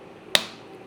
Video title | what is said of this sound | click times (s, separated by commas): This Simple 3D Print Solves a Summer Problem | Oh no, that is too good, too good. Snaps, do you hear that? | 0.4 s